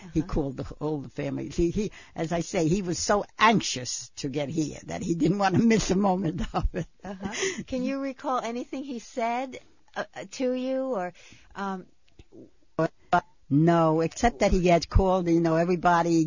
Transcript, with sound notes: He called all the family, see, as I say, he was so anxious to get here that he didn't want to miss a moment (she laughs)
Can you recall anything he said to you or...
No except that he had called, you know, everybody.